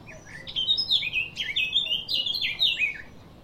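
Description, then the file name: Eurasian blackcap song: a continuous rich warble of quick, varied notes over a quiet background. "Sylvia atricapilla"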